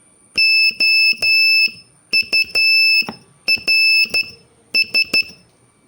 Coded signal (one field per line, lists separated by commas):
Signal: Morse code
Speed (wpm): 11 wpm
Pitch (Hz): 2650 Hz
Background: none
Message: OURS